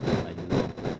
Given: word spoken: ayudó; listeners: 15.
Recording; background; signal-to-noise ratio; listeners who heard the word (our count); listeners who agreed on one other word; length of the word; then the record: one Spanish word in noise, from a listening test; noise modulated by three-talker babble; -6.6 dB; 2 of 15; 9 of 15; 0.60 s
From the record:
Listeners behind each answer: 9, 2, 2, 1, 1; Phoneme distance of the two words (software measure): 17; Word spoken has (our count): 3 syllables, 5 phonemes, stress on syllable 3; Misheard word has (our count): 3 syllables, 6 phonemes, stress on syllable 3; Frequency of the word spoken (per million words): 11.83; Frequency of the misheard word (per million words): 39.65